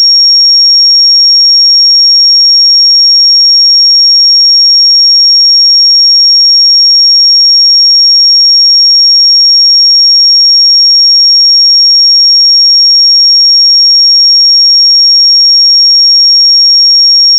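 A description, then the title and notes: A pure sine tone holds steady at 5562 Hz, bright and thin, unchanging in pitch and loudness throughout, with nothing else heard. 5562 Hz 1 Hz Interval Sine Pure Tone Frequency 441000 Sample Mono.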